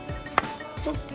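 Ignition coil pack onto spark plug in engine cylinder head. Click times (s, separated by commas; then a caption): 0.4 s. An ignition coil pack on a 1999–2005 BMW 325 E46 is pushed back down onto the spark plug in the engine cylinder head and into its connector. A single sharp click sounds at 0.4 s as it seats in place, and someone talks briefly afterward.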